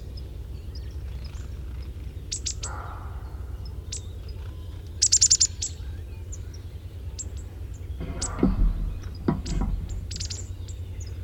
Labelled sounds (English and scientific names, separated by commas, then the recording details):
Marsh Tit (Poecile palustris) song
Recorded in the wild
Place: Venz, Insel Rügen, Mecklenburg-Vorpommern, DE
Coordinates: 54.497, 13.302
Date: 1974-04-07
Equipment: Nagra III BH, Sennheiser MD 21, parabola
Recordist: Schubert, Michael